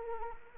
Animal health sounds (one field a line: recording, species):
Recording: mosquito wingbeat signal from an infrared sensor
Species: Anopheles arabiensis